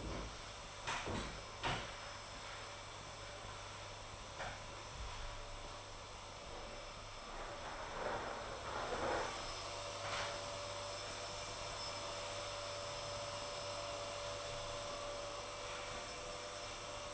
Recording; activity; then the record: daily activity, microphone in the room; vacuum cleaning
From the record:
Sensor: 5